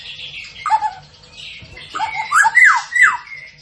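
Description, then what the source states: Tembakan bird giving slurred, swooping whistled notes that rise and fall, several in quick succession, against a soft hissy background. Caged-bird training (masteran), with the bird singing actively (gacor).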